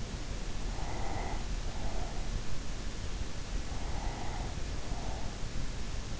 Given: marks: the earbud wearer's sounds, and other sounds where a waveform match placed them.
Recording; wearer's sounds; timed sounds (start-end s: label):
sounds in sleep by an in-ear microphone; breath
0.46-2.84 s: breath
3.66-5.61 s: breath